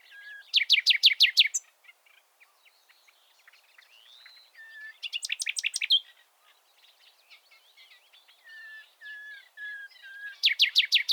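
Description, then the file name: Common nightingale song with three bursts of fast, harsh repeated notes, separated by softer whistles and short rising slurs. "Luscinia megarhynchos"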